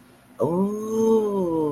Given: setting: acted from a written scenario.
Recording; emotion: vocal sound without words; realization